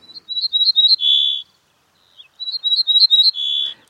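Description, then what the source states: Ortolan Bunting song, twice: a short run of high clipped repeated notes followed by a longer, lower final note, in clear silence. Song recorded at Nîmes, France, across the Pyrenees from Catalonia; a regional dialect quite different from the Spanish song of the same species.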